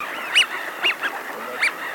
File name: Свиязь Fischione